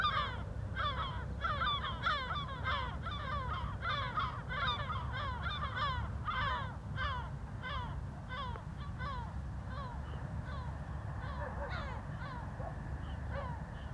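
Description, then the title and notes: Gulls in a busy chorus of harsh, descending calls, thinning out toward the end, with a steady background rumble of vehicles. Gulls at a cliff edge above Puerto de Las Nieves harbour, Agaete, Gran Canaria, Spain; traffic and harbour activity below; recorded with DPA-2006c AB pair into SD MixPre-3. "GC-200, 35489 Agaete, Las Palmas, Espagne - Mouettes - Seagulls. Des mouettes en bord de falaise, en bas l'activité de Puerto de Las Nieves, et les voitures"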